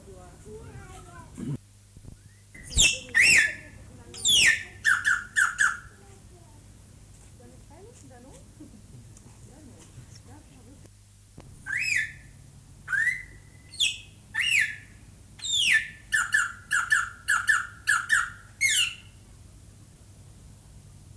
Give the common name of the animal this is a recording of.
Greater Vasa Parrot